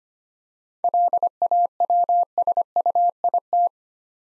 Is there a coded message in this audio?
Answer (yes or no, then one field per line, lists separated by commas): yes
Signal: Morse code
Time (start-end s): 0.8-3.7 s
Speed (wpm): 25 wpm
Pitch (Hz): 700 Hz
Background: none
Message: LAWSUIT